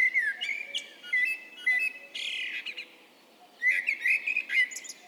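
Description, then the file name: Eurasian blackbird uttering thin whistles and scratchy squeaks, then a brief pause before a final burst of twittering notes. "Turdus merula"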